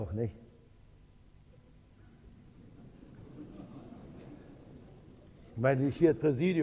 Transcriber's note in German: Lachen im Publikum